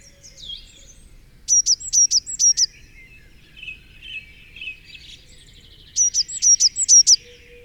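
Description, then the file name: Eurasian blue tit giving two high phrases of quick, clipped, hooked notes, separated by quieter, lower twittering. "Cyanistes caeruleus"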